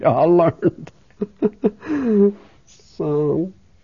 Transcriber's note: she laughs